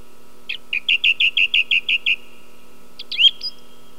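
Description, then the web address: Song thrush song: a quick series of even high notes, followed by a short squeaky rising flourish, with a low hum underneath. "sons oiseaux grive musicienne"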